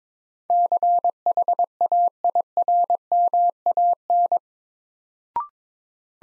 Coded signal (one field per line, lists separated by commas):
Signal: Morse code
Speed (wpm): 22 wpm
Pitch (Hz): 700 Hz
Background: none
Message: CHAIRMAN